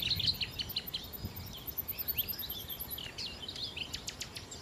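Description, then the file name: Common nightingale singing a rapid burst of sharp repeated notes, then a very high fast trill and assorted chirps and whistles against constant low rumble. "Nachtigall"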